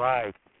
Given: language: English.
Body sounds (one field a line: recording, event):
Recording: throat vibration sensor signal played as sound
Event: speech